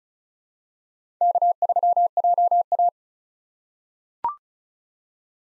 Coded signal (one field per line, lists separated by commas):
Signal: Morse code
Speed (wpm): 34 wpm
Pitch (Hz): 700 Hz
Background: none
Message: K3JA